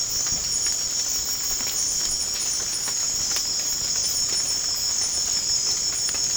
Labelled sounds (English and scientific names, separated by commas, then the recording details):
none
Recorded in pastures near Puerto Asís, Putumayo, Colombia, on 25 June 2025 at 00:00
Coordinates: 0.496, -76.326
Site GP01